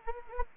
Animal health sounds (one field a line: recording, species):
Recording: mosquito wingbeat signal from an infrared sensor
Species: Anopheles gambiae